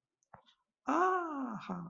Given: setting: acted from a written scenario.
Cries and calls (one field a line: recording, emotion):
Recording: vocal sound without words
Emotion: realization